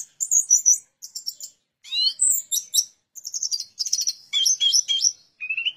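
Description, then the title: Orange-headed thrush delivering quick bursts of high, squeaky notes and rattles, each phrase different, separated by short silences. "Anis Merah"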